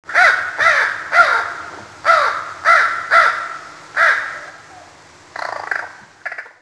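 Crow giving harsh, hoarse caws in irregular runs of one to three, followed by a few rougher, quieter calls near the end.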